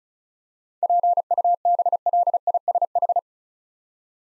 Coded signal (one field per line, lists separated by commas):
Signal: Morse code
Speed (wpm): 36 wpm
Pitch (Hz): 700 Hz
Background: none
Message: PUBLISH